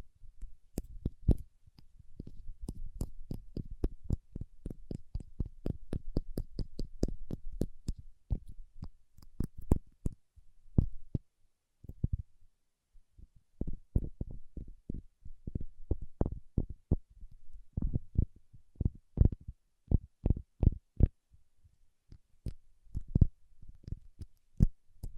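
Paraffin wax being tapped and scratched, with short sharp knocks in quick uneven runs throughout. The first ten seconds are busy with dense tapping over a soft rough scraping, then the knocks thin out with brief pauses before picking up again in irregular clusters.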